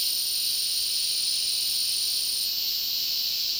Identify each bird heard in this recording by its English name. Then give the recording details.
none. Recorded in dense forest near Puerto Asís, Putumayo, Colombia, on 21 February 2024 at 14:00. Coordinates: 0.499, -76.324. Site G6469